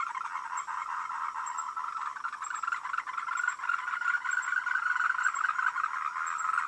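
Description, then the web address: Frogs make a rolling chorus of fast, rattly croaks that grows slightly louder toward the end. "voice cam frogs"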